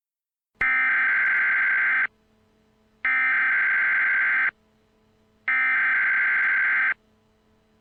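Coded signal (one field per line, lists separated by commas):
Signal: Emergency Alert System (SAME) tones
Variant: header bursts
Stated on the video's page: Fictional EAS scenario, not for real emergencies.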